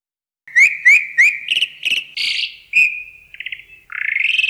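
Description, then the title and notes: Javan pied starling calling with a run of loud whistled upslurs followed by harsh buzzy notes and a rising grating phrase, all quite high-pitched. "Jalak Uren bird sounds"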